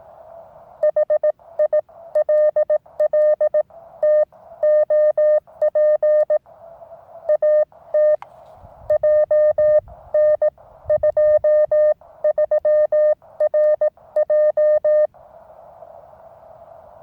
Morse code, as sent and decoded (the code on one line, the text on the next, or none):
.... .. .-.. .-.. - --- .--. / .- - / .--- -. ..--- ...-- .-. .---
HILLTOP AT JN23RJ